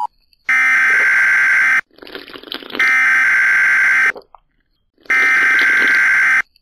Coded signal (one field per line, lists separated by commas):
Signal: Emergency Alert System (SAME) tones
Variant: header bursts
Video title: BCOLTrainFan85 RBLX #38: Emergency Alert System